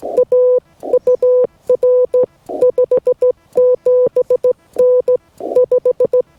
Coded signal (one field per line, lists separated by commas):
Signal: Morse code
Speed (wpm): 14 wpm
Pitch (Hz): 500 Hz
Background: none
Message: A UR 57N 5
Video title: POTA in the Redwoods: Harder Than You'd Think!